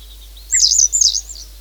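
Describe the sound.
Bird twittering in a short, high, rapid run of warbled notes, with a brief lower note at the start.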